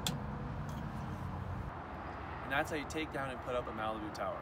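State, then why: Seated. On a 2018-or-newer Malibu boat, the wakeboard tower lock latch on the opposite side mount is pulled down with the tower aligned, and a sharp click at 0.1 s shows the second tower lock seating closed. A low rumble follows until about 1.7 s, and then someone talks.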